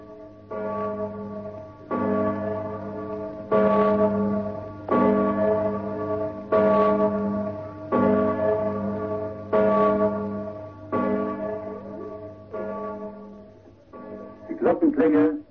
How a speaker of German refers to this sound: wir haben heute mit dem Funkwagen eine Platte aufgenommen von der Liesel auf dem Schlossberg, den ja alle Grazer und alle Steirer kennen. Und nun grüßt euch droben hoch im Norden der Glockenklang der Liesel vom Schlossberg zu Graz.